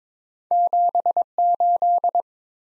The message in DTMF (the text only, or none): none